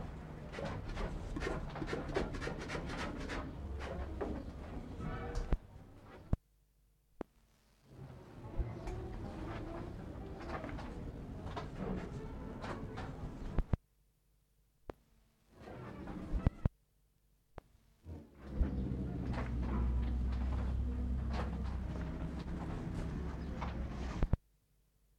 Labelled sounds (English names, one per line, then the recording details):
Polar Bear
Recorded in captivity
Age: adult
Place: Zirkus Aeros, Berlin, DE
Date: 1960-06-27 18:00
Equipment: Reporter (Vollspur)
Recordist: Tembrock, Günter